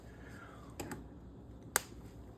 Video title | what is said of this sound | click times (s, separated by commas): Traxxas Slash 4x4 cvd axle replacement Part 2 | Should just snap into place. | 1.8 s